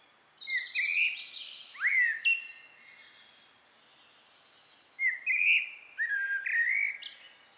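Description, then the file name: Common blackbird singing two phrases of rich, slurred flute-like whistles mixed with high squeaky twitters, separated by a few seconds of quiet. "Turdus merula"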